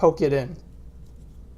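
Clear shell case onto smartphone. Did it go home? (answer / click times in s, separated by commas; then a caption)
no / none. A clear plastic Obliq Naked Shield shell case is being pressed onto the edges of a Galaxy Note 5 smartphone while someone talks briefly for about half a second, followed by low, quiet background. Nothing has seated or clicked yet.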